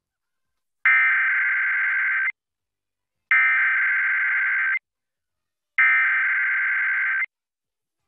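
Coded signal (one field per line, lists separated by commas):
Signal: Emergency Alert System (SAME) tones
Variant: header bursts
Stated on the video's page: Monthly test relayed via Xfinity cable (X1 from IPAWS CAP without audio, Legacy from an FM station), Trilithic EASyPLUS unit, and local TV stations.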